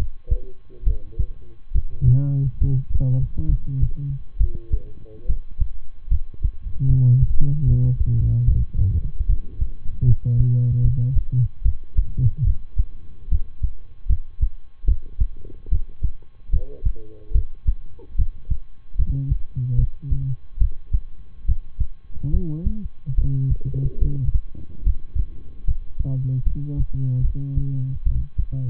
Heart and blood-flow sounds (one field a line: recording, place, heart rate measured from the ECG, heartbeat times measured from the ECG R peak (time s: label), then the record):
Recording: heart sounds by stethoscope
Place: between the tricuspid and mitral areas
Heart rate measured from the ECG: 73 bpm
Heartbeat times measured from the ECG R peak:
0.83 s: heartbeat
1.71 s: heartbeat
2.58 s: heartbeat
3.45 s: heartbeat
4.36 s: heartbeat
5.25 s: heartbeat
6.07 s: heartbeat
6.86 s: heartbeat
7.64 s: heartbeat
8.44 s: heartbeat
9.25 s: heartbeat
10.04 s: heartbeat
10.81 s: heartbeat
11.62 s: heartbeat
12.43 s: heartbeat
13.28 s: heartbeat
14.06 s: heartbeat
14.84 s: heartbeat
15.68 s: heartbeat
16.49 s: heartbeat
17.31 s: heartbeat
18.15 s: heartbeat
18.95 s: heartbeat
19.75 s: heartbeat
20.57 s: heartbeat
21.45 s: heartbeat
22.30 s: heartbeat
23.14 s: heartbeat
23.98 s: heartbeat
24.83 s: heartbeat
25.64 s: heartbeat
26.43 s: heartbeat
27.20 s: heartbeat
28.02 s: heartbeat
From the record:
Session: rest, lying down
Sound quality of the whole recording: good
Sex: male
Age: 23 years